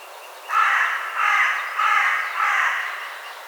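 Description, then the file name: Carrion crow cawing four times in a steady series, each note harsh and hoarse. "Corvus corone"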